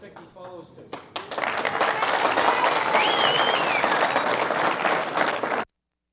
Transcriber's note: applause